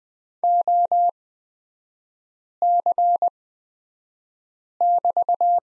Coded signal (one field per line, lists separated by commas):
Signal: Morse code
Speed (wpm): 20 wpm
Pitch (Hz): 700 Hz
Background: none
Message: OC<BT>